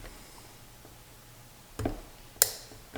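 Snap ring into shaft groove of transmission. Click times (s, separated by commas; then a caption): 2.4 s. A metal snap ring is worked into its groove on a shaft during snowmobile transmission assembly, with a low steady hum in the background. A few dull knocks come near 1.8 s, then a sharp, bright metallic click at 2.4 s as the ring snaps into the groove and seats.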